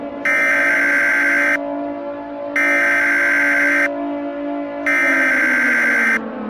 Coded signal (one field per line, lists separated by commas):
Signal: Emergency Alert System (SAME) tones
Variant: header bursts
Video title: EAS Scenario 1: Slenderman Ramage